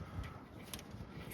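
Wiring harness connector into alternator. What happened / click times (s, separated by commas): The wiring connector clicked into place / 0.7 s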